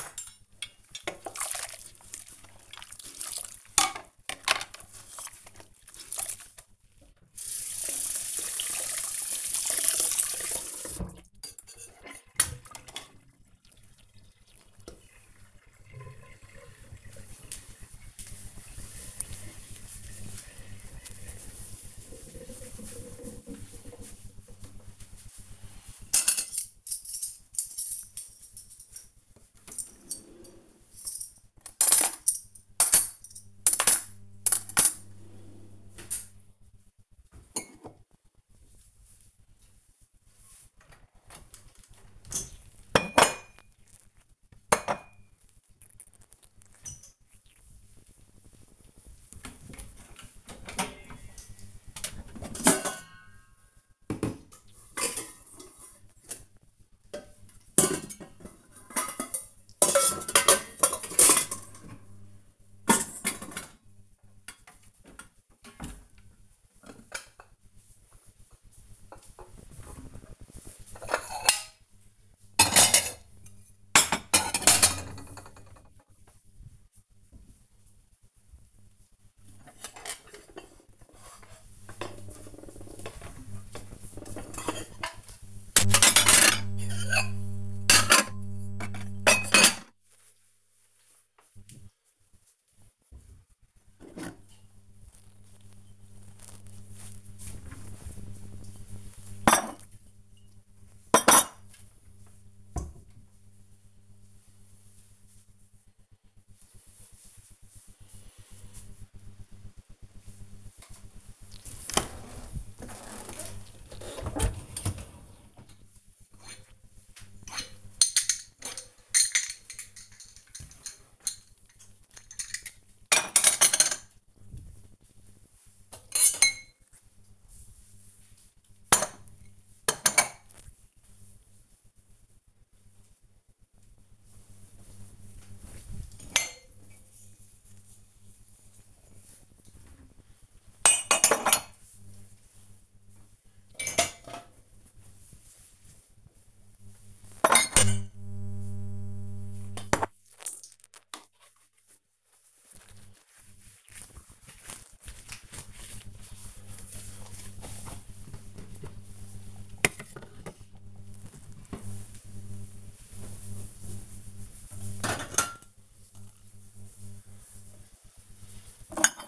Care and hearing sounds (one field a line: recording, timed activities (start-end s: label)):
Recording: household activities, microphone on the right wrist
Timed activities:
0.00-12.73 s: washing dishes
23.81-102.49 s: putting away the dishes
110.56-169.28 s: cleaning out the dishwasher